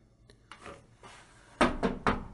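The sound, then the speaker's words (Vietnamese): Three firm, evenly spaced knocks on the wooden door of Cư An Tiểu Các as Lão Ngụy comes to call, ringing out in quick succession, preceded by a few faint, softer taps and shuffling. “Lão Ngụy nói xong thì quay lại nhìn mấy người ở phía sau trước khi đến gõ cửa cư an tiểu các.”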